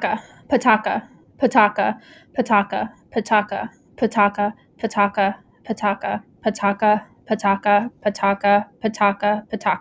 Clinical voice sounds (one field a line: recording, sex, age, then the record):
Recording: repeated syllables /pa ta ka/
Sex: female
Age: 20 to 29 years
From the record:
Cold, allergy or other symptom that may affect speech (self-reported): no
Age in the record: 25 years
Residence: Texas, United States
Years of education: 16